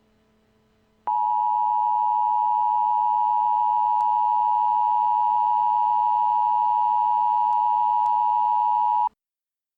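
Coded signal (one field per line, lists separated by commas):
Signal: Emergency Alert System (SAME) tones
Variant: 853 and 960 Hz attention tone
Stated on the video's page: Fictional EAS broadcasts recreated for crossover episodes, with text-to-speech voices.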